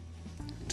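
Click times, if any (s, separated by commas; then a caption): 0.7 s. The plastic exhaust hose end of a DuraComfort Smart Portable Air Conditioner (12000 BTU ASHRAE / 8000 BTU SACC) is lined up arrow to arrow with its square-to-round window adapter and twisted on over a steady low hum, with a faint tick near 0.5 s. A sharp click at 0.7 s marks the hose locking into place on the adapter.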